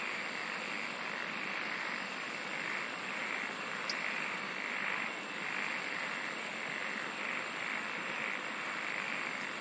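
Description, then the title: Insects calling in a thick chorus of slow mid-pitched pulses, with one sharp click and a short burst of very high rapid trilling later on. "SINGING OF INSECTS"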